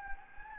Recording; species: mosquito wingbeat signal from an infrared sensor; Anopheles gambiae